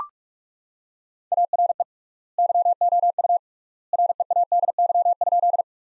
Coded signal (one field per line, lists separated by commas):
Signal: Morse code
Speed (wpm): 41 wpm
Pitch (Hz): 700 Hz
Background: none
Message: ARE YOU READY?